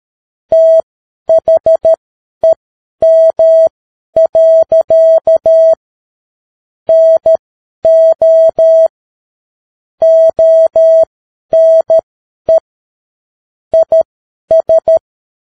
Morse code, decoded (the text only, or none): THEM. NO ONE IS